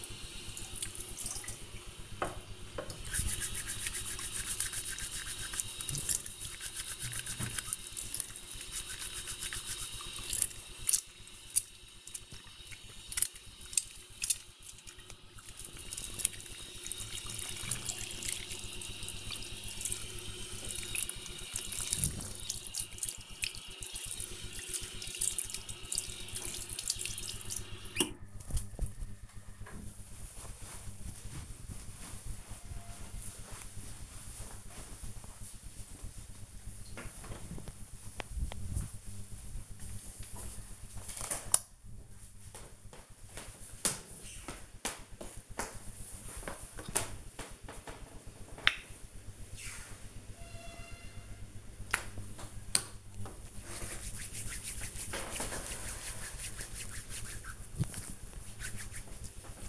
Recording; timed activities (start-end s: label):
household activities, microphone on the right wrist
0.00-28.45 s: washing hands
47.64-59.69 s: cream hands